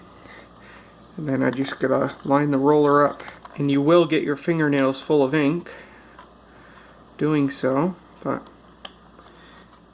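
An ink roller for a 1986 Sharp EL-1610 printing calculator is lined up on its two pins and pushed onto the print mechanism while someone talks. A sharp tick at 8.8 s marks the roller snapping into place.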